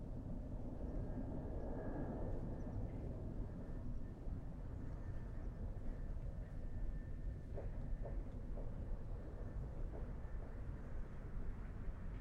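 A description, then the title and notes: Outdoor ambience at Tilden Regional Park in Orinda, California, dominated by a steady low rumble like a passing vehicle or aircraft. A faint thin whine holds through the first half, and a few soft short ticks appear around eight seconds. Tilden Regional Park - Orinda, CA. Zoom H6. Magnetic Microphone Mounts.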